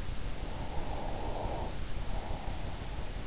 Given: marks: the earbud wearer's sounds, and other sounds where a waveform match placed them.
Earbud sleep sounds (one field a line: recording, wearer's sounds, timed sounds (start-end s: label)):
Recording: sounds in sleep by an in-ear microphone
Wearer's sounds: breath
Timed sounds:
0.00-3.19 s: breath